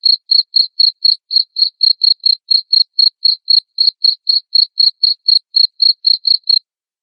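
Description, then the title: Cricket chirping in a regular series of brief high pulses, roughly four per second, stopping shortly before the end. Loud cricket chirping played to make lovebirds sing continuously. "Suara JANGKRIK NGERIK Keras Bikin LOVEBIRD Jadi NGEKEK Terus Vubey"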